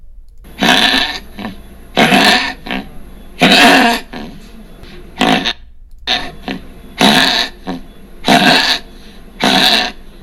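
About seven loud, harsh, honking coughs come in an irregular series over ten seconds, with smaller hacks between them: the goose-honk cough of tracheal collapse in a small dog. The windpipe's cartilage rings weaken and the trachea collapses in on itself. Such dogs have chronic coughing, especially after exercise or excitement, and panting worsens the collapse. It is common in poodles, Yorkies and Pomeranians.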